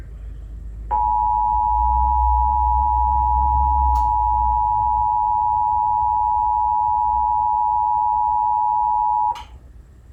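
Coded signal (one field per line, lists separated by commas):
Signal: Emergency Alert System (SAME) tones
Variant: 853 and 960 Hz attention tone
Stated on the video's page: Long Island Required Monthly Test received on WALK-FM and KTRMedia, audio only.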